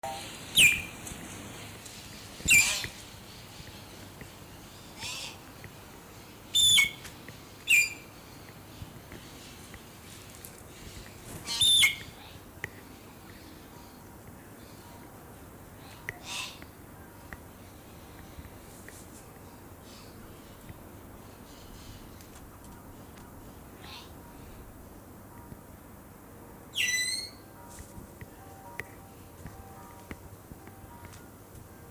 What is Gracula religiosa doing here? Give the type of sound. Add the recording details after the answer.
call. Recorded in captivity. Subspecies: intermedia. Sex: group. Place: Zoo Halle, Sachsen-Anhalt, DE. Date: 2004-12-15 12:30. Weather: sunny, 2°C. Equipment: Sony WM-D6C, Sennheiser ME 80, Kopie Uher 4000 Report Monitor. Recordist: Tembrock, Günter